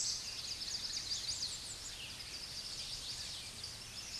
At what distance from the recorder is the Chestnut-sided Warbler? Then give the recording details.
about 50 m. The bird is about 5 m above the microphone. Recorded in a Pennsylvania forest on 16 May 2024 at 06:32. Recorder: AudioMoth, point MSD-0526. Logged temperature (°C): 16.6 °C. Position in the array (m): 88 m, 182 m